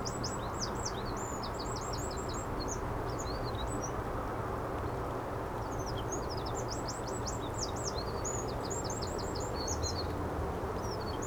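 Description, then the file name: Eurasian wren song: two long, rapid phrases of very high, sharp trills and warbles, each several seconds long, over a continuous low roar of background noise. "Troglodytes troglodytes"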